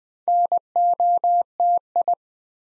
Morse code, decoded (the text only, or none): NOTI